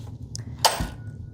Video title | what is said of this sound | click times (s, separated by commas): How to Upgrade Your Microsun Lamp to Our New MicrosunXL! | Hear that click? That means it's secure and ready to go. | 0.4 s